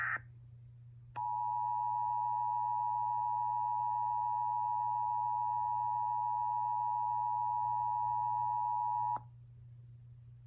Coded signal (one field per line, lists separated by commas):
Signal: Emergency Alert System (SAME) tones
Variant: 853 and 960 Hz attention tone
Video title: May 2021 Stairway Heavan Incident - the EAS Scenario